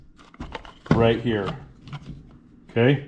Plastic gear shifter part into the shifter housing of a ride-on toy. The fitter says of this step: this bit slides under like that and then pops into place